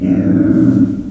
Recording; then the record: squeal of a Yucatan mini pig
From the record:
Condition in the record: after surgery on the right vocal fold (resection and tissue-engineered implant); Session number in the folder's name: 5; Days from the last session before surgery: 33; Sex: female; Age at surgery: 19 weeks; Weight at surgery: 25 kg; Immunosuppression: prednisolone